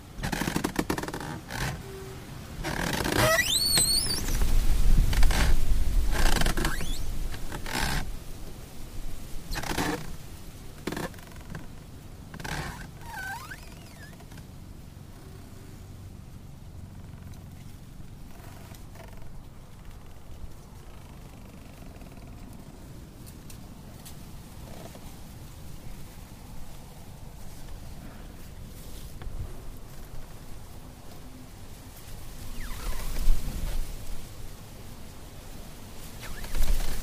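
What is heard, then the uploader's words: Rustling trees, loudest in the first fifteen seconds with gusty swells and sharp crackling bursts near the start, around five seconds. The middle settles into a low, steady hush with faint scattered ticks, then another brief gust rises around thirty-three seconds. Relaxing Sounds of Rustling Trees.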